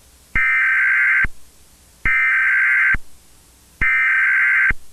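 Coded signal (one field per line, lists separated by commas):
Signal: Emergency Alert System (SAME) tones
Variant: header bursts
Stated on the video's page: Fictional EAS scenario in analog horror style, described as containing valid EAS tones.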